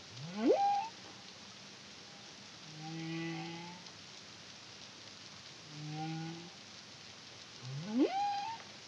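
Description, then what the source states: Humpback whale song: rising whoops that level off, with low steady harmonic moans between them, over background hiss. Song; Caribbean, CARIMAM project, 2023.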